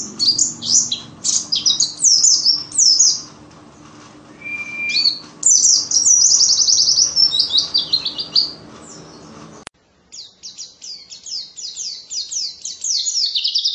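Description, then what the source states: White-eye song: rapid, high chirpy warbling in bursts, with a brief steady whistled tone and a quieter run of fast notes after a short gap. Wild ('ngalas') white-eye song used as filler material for training songbirds (masteran).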